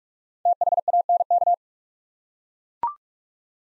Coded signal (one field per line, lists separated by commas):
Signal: Morse code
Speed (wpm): 44 wpm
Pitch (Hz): 700 Hz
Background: none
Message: THANK